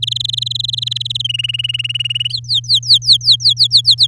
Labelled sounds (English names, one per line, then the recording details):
Domestic Canary song
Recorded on 10 May 2018 at 06:14
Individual llb16